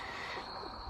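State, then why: Not seated. A spark plug wire boot on a 2000 Civic is handled at a terminal of the new distributor cap during a distributor replacement, as the ignition wires are checked to be pushed home. Only a steady, hissy background with a faint high tone is heard, with no distinct hit. Nothing has seated or clicked yet.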